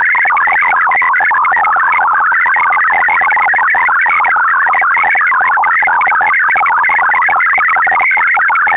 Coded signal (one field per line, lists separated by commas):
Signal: multi-tone FSK (Olivia or MFSK type)